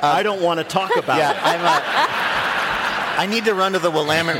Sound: laughter

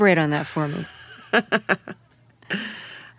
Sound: laughter

